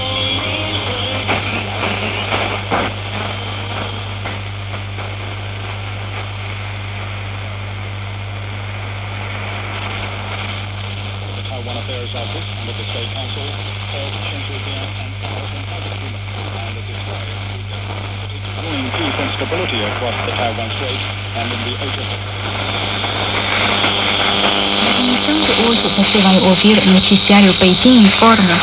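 An old radio plays a faint, muffled voice through crackling static over a steady low hum. Near the 24-second mark the hum cuts out and the sound grows louder and harsher, ending in bright hiss and sharp clicks.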